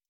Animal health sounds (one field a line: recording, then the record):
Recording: hydrophone in a shrimp aquaculture tank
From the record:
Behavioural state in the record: stressed